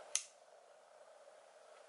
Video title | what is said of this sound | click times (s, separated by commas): Gerber Knife Unboxing | and you can see it going on and it locks in place | 0.2 s